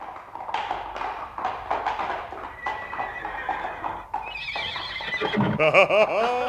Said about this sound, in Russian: Таука хорошая лошадь.